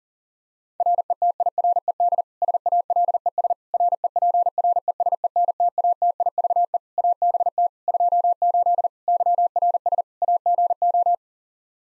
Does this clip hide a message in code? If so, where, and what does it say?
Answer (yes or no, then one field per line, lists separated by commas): yes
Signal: Morse code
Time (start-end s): 0.8-11.1 s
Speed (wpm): 40 wpm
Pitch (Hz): 700 Hz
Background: none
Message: RETIRED SALES REPRESENTATIVE ABT 28 YRS AGO